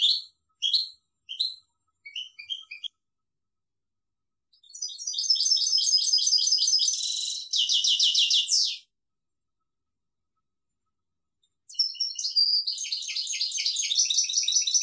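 European goldfinch song: scattered short high chips, then a long rapid twittering trill with buzzy pulses, silence, and another fast tinkling phrase.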